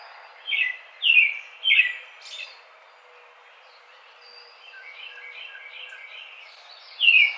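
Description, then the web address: American robin giving three loud caroling phrases in a row, then softer quiet warbling, and one more clear phrase to close. Recorded 4 May 2009. "American Robin 2009 05 04"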